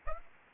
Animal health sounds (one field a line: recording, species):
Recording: mosquito wingbeat signal from an infrared sensor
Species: Aedes aegypti